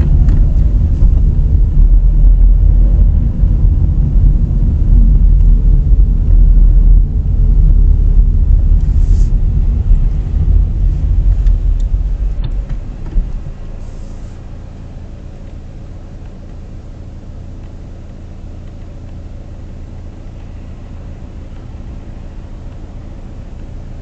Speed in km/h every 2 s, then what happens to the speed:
21, 25, 21, 17, 14, 4, 0, 0, 1, 2, 2, 0.
3-12 slows to 0. 12-24 standing.